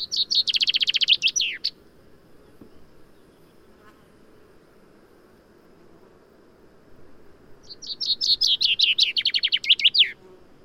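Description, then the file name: Common chaffinch, two songs about six seconds apart, each a fast tumbling trill descending in pitch and closing with a sharp ending note; low rumble in the background. "Fringilla coelebs"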